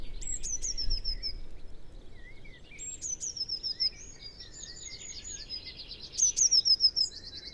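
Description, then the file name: Eurasian blue tit song: high introductory notes followed by fast falling trills, three phrases in all, with other small birds twittering in the background. "Cyanistes caeruleus"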